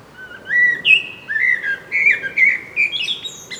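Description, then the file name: Common blackbird delivering a continuous fluty warble of short whistled phrases that climb gradually higher over nearly four seconds. "Turdus merula"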